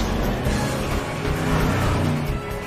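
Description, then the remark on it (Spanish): A car engine hums and revs steadily while driving, with a continuous low rumble and rising, surging tones throughout, no voices present. “Si sigues así, no te voy a dejar conducir mi auto.”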